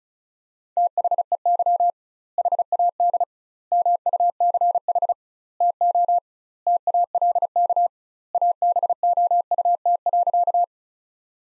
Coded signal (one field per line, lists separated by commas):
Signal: Morse code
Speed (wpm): 34 wpm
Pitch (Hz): 700 Hz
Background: none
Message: THEY HAD MUCH TO TALK ABOUT.